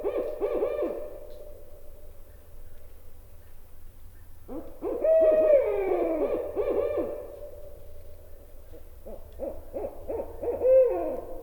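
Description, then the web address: Barred owl calling in overlapping bursts of hoots, with a long descending wail near the middle and a sliding note at the close. A North American bird, presented as a common western species. "Songs of Birds of North America Know Your Bird Sounds Common Western Species. Barred Owl"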